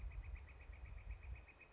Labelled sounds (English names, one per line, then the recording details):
Northern Flicker
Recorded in Sonoma County, California